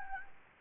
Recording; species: mosquito wingbeat signal from an infrared sensor; Anopheles gambiae